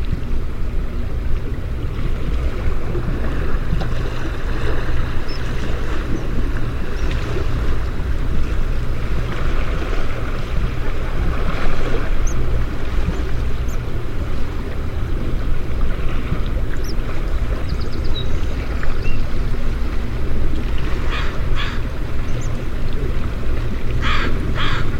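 Water flows in a steady, dense rush with a heavy low rumble that holds an even level for the whole stretch. A few short, bright chirps cut through faintly near the end, and a softer hiss runs underneath throughout.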